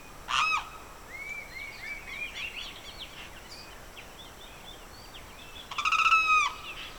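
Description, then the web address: Birds: a loud, harsh, buzzy cry near the start and another near the end, with lively mid-pitched twittering and whistled notes in between. Evening birdsong recorded in the Pantanal swamp, rural South America. "The BBC Sound Effects Library - Complete 60 CDs Collection Sound Effects Library- (Rural South America) Evening Birdsong, Pantanal Swamp"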